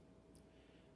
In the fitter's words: on like that, and once again it should click.